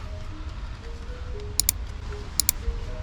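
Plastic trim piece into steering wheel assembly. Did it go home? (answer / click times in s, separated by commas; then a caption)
yes / 1.6 s, 1.7 s, 2.4 s, 2.5 s. A plastic trim piece is lined up and pressed into the steering wheel assembly while an upgraded carbon fiber steering wheel is swapped into a 2017 Toyota Highlander. Over a low, steady background rumble, two sharp double clicks ring out at 1.6 s and 1.7 s, then at 2.4 s and 2.5 s. The trim piece clips in and is seated.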